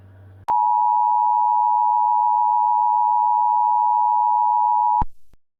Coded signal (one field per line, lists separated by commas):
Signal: Emergency Alert System (SAME) tones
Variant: 853 and 960 Hz attention tone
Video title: JBS - EAS Aircheck (2-JUN-2024)